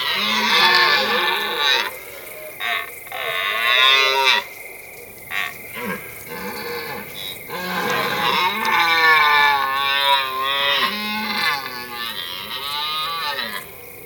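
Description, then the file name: Deer calls: a long series of loud, harmonic bellows and groaning moans, some rising and falling in pitch, repeated with short pauses throughout. "Cervo da xenocanto"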